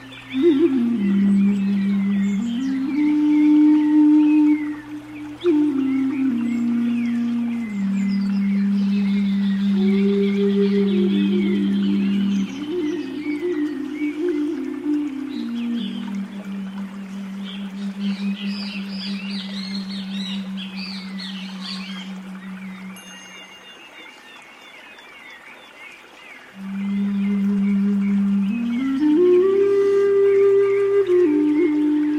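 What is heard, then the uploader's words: Zen music of long, sustained low tones that glide slowly between pitches over a steady low drone, with faint wavering, whale-like tones drifting above. Near 24 seconds it thins almost to silence, then the deep tones swell back at about 27 seconds. Nature Sounds, Zen Music.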